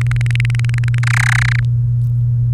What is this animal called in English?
Domestic Canary